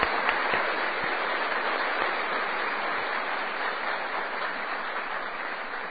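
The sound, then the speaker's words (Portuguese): A crowd applauds steadily, a dense, even wash of many hands clapping that holds at a constant loudness throughout, with no voices heard over it. The applause is for all mothers. “Nesse dia, eu quero pedir a vocês uma salva de palmas para todas as mães, para a mãe de cada um.”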